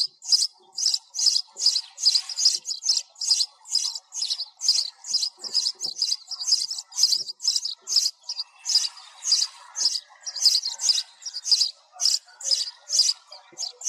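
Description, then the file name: Sparrow chirps, a continuous stream of bright repeated notes, about two a second. Sparrow calling the flock together. "tieng se goi bay"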